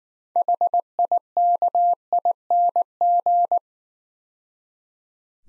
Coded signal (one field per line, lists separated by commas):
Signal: Morse code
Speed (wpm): 19 wpm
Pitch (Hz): 700 Hz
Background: none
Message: HIKING